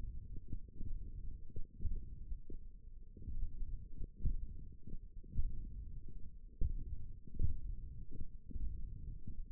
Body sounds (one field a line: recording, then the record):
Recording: forearm muscle sounds (acoustic myography)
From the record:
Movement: finger pinch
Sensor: system 1, eight BSWA MPA416 microphones around the upper forearm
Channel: 4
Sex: male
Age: 21 years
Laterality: right